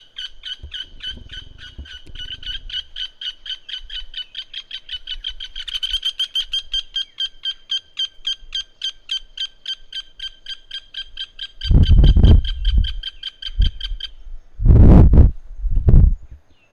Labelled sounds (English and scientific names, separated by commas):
Nubian Woodpecker (Campethera nubica)